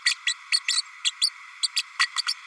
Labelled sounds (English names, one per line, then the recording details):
Green-rumped Parrotlet babbling
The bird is a female
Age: 32 days
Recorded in a nest box in Venezuela
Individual 17B32A5